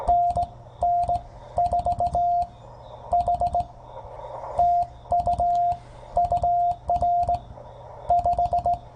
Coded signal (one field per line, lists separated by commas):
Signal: Morse code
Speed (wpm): 16 wpm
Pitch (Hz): 700 Hz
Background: radio noise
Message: NN4H TU UR 5